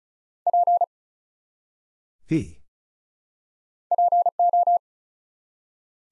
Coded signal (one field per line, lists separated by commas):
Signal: Morse code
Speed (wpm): 36 wpm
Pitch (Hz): 700 Hz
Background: none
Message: P PO